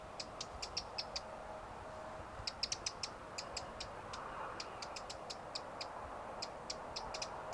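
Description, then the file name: Eurasian wren making sharp, dry ticking calls in loose irregular series, some ticks doubled or clustered, against steady background noise. "Troglodytes troglodytes"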